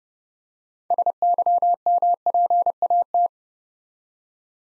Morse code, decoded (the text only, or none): SYMPAT